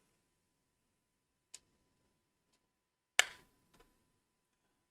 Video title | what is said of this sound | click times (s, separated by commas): Part 9 - Microaces Percee Twin engine micro build video...Controls & Electronics | a satisfying click and | 3.2 s